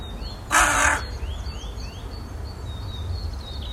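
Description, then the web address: Bird giving a single loud, harsh caw, followed by faint high chirping from other birds over a constant low background rumble. "Deverinetal 2025 File origin Bird Only"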